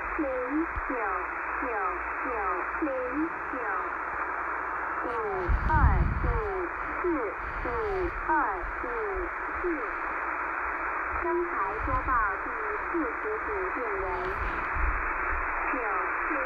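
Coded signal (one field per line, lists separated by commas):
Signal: numbers station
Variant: V13, Chinese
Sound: voice-like tonal syllables repeating through steady radio hiss, with a low thump mid-clip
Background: radio static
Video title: Websdr: V13 Taiwanese Numbers Station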